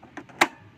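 An ink cartridge is pushed into a printer carriage, with faint small taps and knocks leading up to a sharp click at 0.4 s. The click marks the cartridge seating in its correct position.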